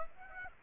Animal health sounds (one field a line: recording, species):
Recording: mosquito wingbeat signal from an infrared sensor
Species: Aedes aegypti